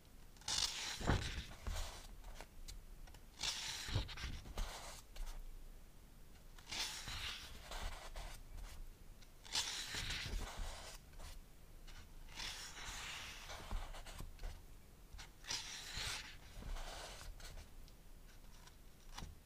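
Pages of a book flip and rustle in repeated bursts, with sharp taps on the cover near the start and occasional soft scraping.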